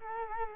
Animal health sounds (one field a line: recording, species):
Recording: mosquito wingbeat signal from an infrared sensor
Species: Culex quinquefasciatus